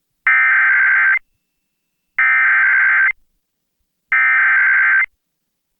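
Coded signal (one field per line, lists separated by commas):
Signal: Emergency Alert System (SAME) tones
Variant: header bursts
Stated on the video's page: Immediate Evacuation alert issued by civil authorities for a wildfire evacuation, relayed by an FM station and captured from its online live stream.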